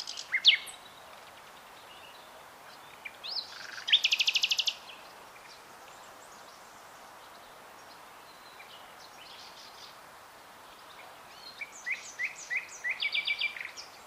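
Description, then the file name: Common nightingale singing in bursts: a loud opening note, a fast buzzy trill of repeated notes at four seconds, then a long pause before a phrase of sharp chirps. "Luscinia megarhynchos"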